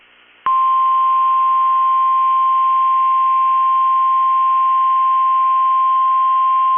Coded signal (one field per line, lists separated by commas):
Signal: Emergency Alert System (SAME) tones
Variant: 1050 Hz attention tone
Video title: 6/8/22 - KEC65 Required Weekly Test (EAS #526)